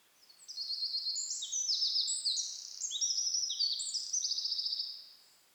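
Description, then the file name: Eurasian wren song, a rapid sustained outburst of high trills and sharp rattling notes lasting over four seconds, then silence. "Troglodytes troglodytes"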